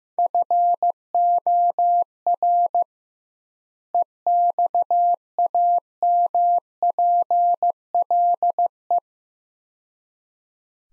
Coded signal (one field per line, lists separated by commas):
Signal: Morse code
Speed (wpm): 15 wpm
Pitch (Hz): 700 Hz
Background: none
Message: FOR EXAMPLE